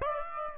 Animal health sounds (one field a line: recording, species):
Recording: mosquito wingbeat signal from an infrared sensor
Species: Aedes aegypti